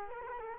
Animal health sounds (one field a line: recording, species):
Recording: mosquito wingbeat signal from an infrared sensor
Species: Culex quinquefasciatus